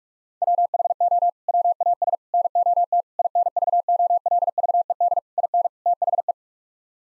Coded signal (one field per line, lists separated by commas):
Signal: Morse code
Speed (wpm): 41 wpm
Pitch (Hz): 700 Hz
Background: none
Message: WHO WAS NOT INVOLVED IN THE